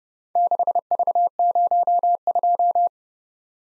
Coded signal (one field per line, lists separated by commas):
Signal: Morse code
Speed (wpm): 29 wpm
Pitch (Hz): 700 Hz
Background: none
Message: 6V02